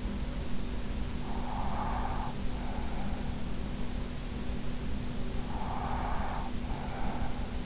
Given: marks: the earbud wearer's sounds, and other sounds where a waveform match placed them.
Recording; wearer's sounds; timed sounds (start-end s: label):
sounds in sleep by an in-ear microphone; breath
1.07-3.66 s: breath
5.34-7.66 s: breath